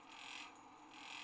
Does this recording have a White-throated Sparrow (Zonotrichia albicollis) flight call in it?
no